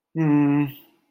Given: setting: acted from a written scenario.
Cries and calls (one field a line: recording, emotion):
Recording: vocal sound without words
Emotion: neutral